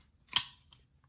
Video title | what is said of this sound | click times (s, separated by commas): Getting this controller ready for eBay as a newbie | never showed this earlier, but it just kind of clicks into place. | 0.4 s